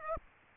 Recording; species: mosquito wingbeat signal from an infrared sensor; Aedes aegypti